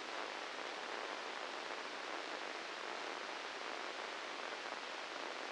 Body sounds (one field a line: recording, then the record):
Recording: brain microelectrode recording played as sound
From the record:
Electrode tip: inside the subthalamic nucleus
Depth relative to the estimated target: -2 mm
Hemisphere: right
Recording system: NeuroSet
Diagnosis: Parkinson's disease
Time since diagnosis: 13 years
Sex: male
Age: 66 years